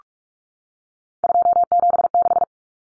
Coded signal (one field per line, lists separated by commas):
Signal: Morse code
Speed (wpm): 44 wpm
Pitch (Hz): 700 Hz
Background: none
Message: 276